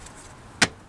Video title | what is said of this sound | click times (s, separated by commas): 2013 Toyota Prius V Front Strut Replacement | Just kind of snap down. | 0.6 s